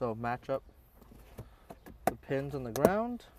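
A WeatherTech rubber floor mat is lined up with the floor retention pins in a Tiguan SUV while someone talks, with a few faint handling taps around 1.4, 1.7 and 1.9 seconds. Nothing has seated or clicked onto the pins yet.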